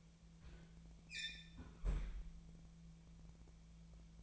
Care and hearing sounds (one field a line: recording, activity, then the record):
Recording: daily activity, microphone in the room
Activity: close fridge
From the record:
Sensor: 1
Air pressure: 1000.0 hPa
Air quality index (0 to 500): 133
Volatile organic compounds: 2 ppm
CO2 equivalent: 1258 ppm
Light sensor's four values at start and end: 37/93/39/48 and 37/93/39/48